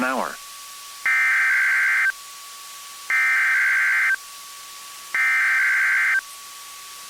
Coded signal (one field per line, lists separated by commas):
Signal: Emergency Alert System (SAME) tones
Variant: header bursts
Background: speech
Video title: [EAS #2587-#2603] Mid Week Alerts & Tests (8/01/23 - 8/02/23)